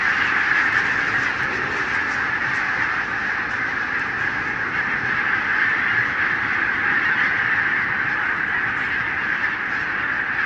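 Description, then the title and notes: Barnacle goose: barnacle geese calling en masse, a loud, even babble of overlapping high yapping notes with no pauses. Flock of about 20,000 on wintering grounds, Renesse, Netherlands, 12 January 2009, winter; recorded with Nagra LB recorder and Telinga P7 microphone. "Renesse - Pays-bas. 20 000 Bernache nonnette ( Branta leucopsis) en Hollande"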